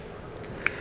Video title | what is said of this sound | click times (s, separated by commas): etrailer - How to Set Up Your Stealth Hitches Hidden Rack Receiver on a 2016 Volvo XC90 | until it clicks you'll actually see the little tab down here at the bottom pop out just a little bit | 0.7 s